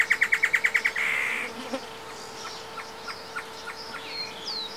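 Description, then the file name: Great antshrike song: a quick series of about eight clear, evenly spaced notes, then a longer drawn note, followed by faint scattered chirps over a steady low hum. Male and female singing together; Esperanza; 11 January 2018. "Chororó-Macho-y-hembra-cantan Esperanza 11-01-2018"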